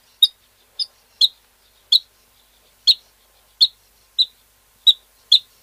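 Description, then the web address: Water rail giving short, sharp, clicking calls, about nine spaced unevenly over several seconds, with no other sounds. "Schulze Peter Water Rail calls"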